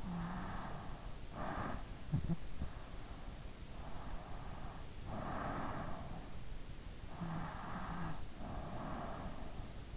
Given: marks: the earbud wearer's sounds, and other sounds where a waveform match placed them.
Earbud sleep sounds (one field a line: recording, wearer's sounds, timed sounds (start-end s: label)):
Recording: sounds in sleep by an in-ear microphone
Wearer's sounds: snoring breath, breath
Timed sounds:
0.00-2.68 s: snoring breath
3.75-6.29 s: breath
6.96-9.50 s: breath